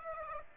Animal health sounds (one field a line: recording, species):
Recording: mosquito wingbeat signal from an infrared sensor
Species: Aedes aegypti